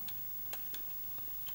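A micro SD card is handled at the card slot underneath a Meisort IP20 WiFi CCTV security camera, making faint, sharp plastic-like ticks, the strongest at about 0.5 and 0.8 seconds, with weaker ones scattered around them. The card has not yet clicked or seated in the slot.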